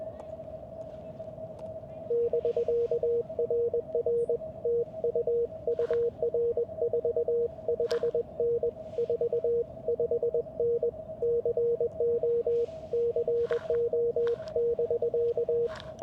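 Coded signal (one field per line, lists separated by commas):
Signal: Morse code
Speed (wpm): 21 wpm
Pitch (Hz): 470 Hz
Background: radio noise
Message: <BK> RR TU UR 45N 45N CO CO <BK>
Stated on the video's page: Park activation at a state recreation area, mostly socializing.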